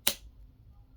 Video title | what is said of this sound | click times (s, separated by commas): Transformers Studio Series 86 Bonecrusher review | that rocks and that also locks into place. | 0.1 s